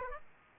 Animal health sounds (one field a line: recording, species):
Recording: mosquito wingbeat signal from an infrared sensor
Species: Aedes aegypti